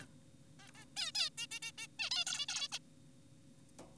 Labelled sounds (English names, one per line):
Zebra Finch